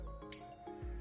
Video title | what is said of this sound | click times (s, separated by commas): 2022-2025 HONDA CIVIC 1.5L, (L15B7) Replace Ambient Air Temperature Sensor | so just slide it on basically it only goes on one way listen for the click | 0.3 s